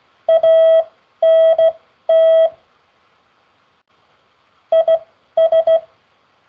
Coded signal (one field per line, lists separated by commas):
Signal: Morse code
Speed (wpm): 16 wpm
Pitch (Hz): 650 Hz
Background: none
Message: ANT IS